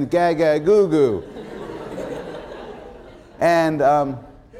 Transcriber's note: laughter